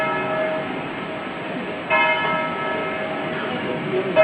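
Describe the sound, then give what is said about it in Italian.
A church bell tolls slowly, twenty-five strokes marking the years since the Chernobyl nuclear disaster in Ukraine, each heavy stroke blooming into a long, shimmering hum of overtones that lingers until the next strike. No voices are heard. “Venticinque rintocchi di campana a scandire gli anni, cupi e drammatici trascorsi dalla tragedia di Chernobyl, Ucraina, la più grande catastrofe della storia del nucleare civile.”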